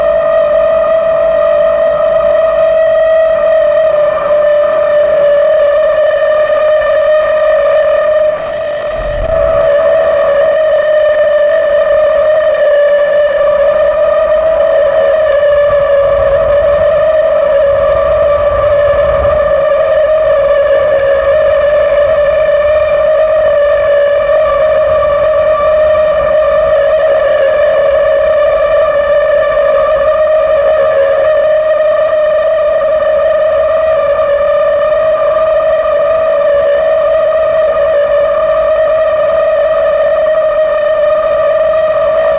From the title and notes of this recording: The Extraordinary Sound of the Railroad Switch Gas-jet Flute. Switch de-icing mechanism on the railroad tracks between King Street and Woodmont Road in Northampton, MA, recorded Winter 1998-99 by Dan Bodah.